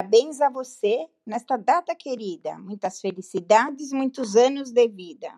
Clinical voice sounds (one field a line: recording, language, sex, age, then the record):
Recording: short text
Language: Brazilian Portuguese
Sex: female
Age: 60 to 69 years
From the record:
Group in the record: control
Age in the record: 63 years